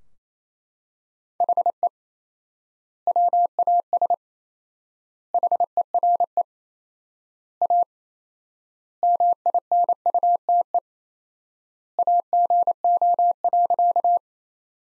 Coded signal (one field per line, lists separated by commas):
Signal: Morse code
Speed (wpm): 28 wpm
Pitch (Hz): 700 Hz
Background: none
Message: HE WAS HERE A MINUTE AGO.